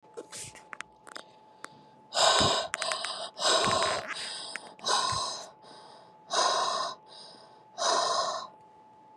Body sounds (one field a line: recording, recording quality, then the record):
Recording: shallow breathing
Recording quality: excellent, no background noise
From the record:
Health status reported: COVID-19 positive, no symptoms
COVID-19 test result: positive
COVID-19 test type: rapid antigen test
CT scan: not taken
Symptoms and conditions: cough, sore throat, fatigue, muscle pain, hypertension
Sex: female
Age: 50 years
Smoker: no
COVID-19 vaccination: both doses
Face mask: not worn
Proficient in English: yes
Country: United States